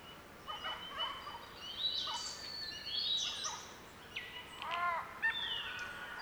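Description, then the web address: Bird chorus of scattered chirps, sliding whistles and short warbled phrases from several singers. Mixed birdsong chorus recorded in Central Victoria, Australia. "andrewskeoch. Central Victorian Birdsong Chorus"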